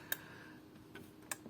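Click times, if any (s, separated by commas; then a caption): 0.1 s, 1.3 s. An arcade stick push button, on what appears to be an F300 Elite stick, is pressed into its mounting hole in the plastic panel. Sharp clicks are heard at 0.1 s and 1.3 s, with a softer tick in between. The button snaps in and is seated in the panel.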